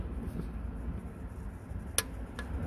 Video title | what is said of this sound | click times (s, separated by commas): How to change trans fluid in 2019 Honda Accord | That's the click. | 2.0 s